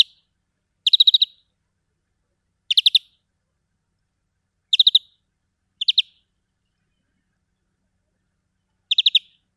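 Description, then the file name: European greenfinch calling, short bursts of two to five quick, dry, high chirps, spaced irregularly about one to three seconds apart, otherwise silent. "Chloris chloris"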